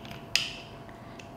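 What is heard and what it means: The quick-release mounting plate of a Bosch GLL3-60XG Professional line laser, which has a 1/4-inch thread, is pushed back into its holder on the laser level mount. A sharp, loud click at 0.4 s follows softer ticks before it and a faint tick near 1.2 s, and the plate seats back into the mount.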